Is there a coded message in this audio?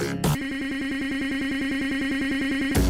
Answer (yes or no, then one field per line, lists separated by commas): no